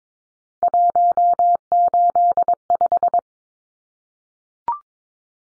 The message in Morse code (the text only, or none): 185